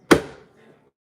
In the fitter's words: Yeah, it popped into place.